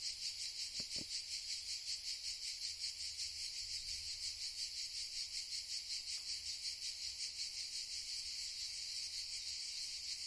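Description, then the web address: Cicada buzzing song, a high steady pulsing drone with regular throbs, a brief low knock near the start. "Johan 713. cicadas"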